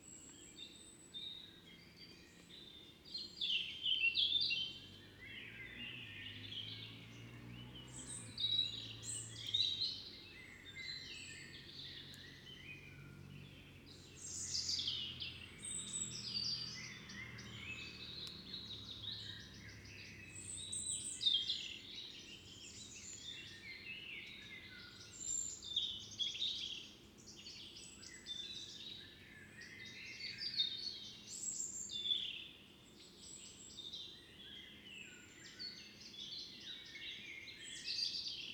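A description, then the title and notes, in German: An evening outside a fox den, filled with many birds chirping and singing in overlapping, busy bursts throughout. A low rumble runs underneath, with a faint droning hum rising and falling in the first half, and the birdsong swells louder at several moments. Ein Abend vor dem Fuchsbau (Kopfhörerfassung). Dieses Mal war ich mit dem Kunstkopf angerückt.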